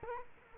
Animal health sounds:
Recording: mosquito wingbeat signal from an infrared sensor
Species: Culex quinquefasciatus

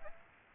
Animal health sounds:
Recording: mosquito wingbeat signal from an infrared sensor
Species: Aedes aegypti

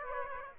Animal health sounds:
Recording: mosquito wingbeat signal from an infrared sensor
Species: Aedes aegypti

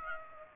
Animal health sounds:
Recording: mosquito wingbeat signal from an infrared sensor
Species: Aedes aegypti

